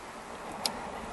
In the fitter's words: one snaps in there